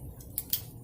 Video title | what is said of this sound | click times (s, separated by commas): Etrol Foldable Trekking Poles | until it clicks | 0.4 s, 0.5 s